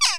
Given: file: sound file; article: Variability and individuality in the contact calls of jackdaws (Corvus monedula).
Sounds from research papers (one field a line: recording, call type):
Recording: jackdaw call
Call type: harmonic